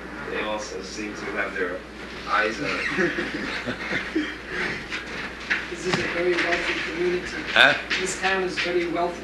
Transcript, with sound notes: They also seem to have their eyes on it. [Prabhupāda laughs]
This is a very wealthy community.
Huh?
This town is very wealthy.